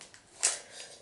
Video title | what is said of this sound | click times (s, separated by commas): Przegląd gimnastycznych dodatków - Reviewing gymnastics accessories | aż tam kliknie jest No | 0.4 s